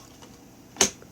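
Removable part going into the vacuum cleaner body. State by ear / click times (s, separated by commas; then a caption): seated / 0.8 s. A removable part of an Oreck Halo upright vacuum cleaner is pushed down into the vacuum body until it pops into its seat. One sharp, loud click is heard at 0.8 s, and the part is seated in place.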